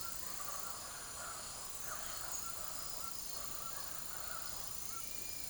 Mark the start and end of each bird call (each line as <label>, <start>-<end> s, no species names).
bird call, 0.00-5.49 s